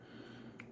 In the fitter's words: I heard it click.